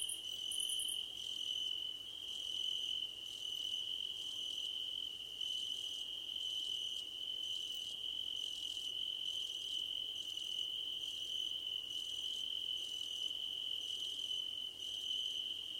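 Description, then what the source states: Cricket: a continuous shrill trill with soft higher chirps repeating about once a second; a brief very high buzz at the start. Crickets at night under a starlit sky.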